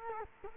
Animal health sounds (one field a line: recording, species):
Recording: mosquito wingbeat signal from an infrared sensor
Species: Culex quinquefasciatus